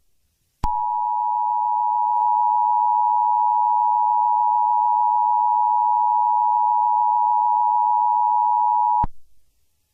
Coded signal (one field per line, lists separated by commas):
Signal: Emergency Alert System (SAME) tones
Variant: 853 and 960 Hz attention tone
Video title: EAS Scenario - The Humanoid Creature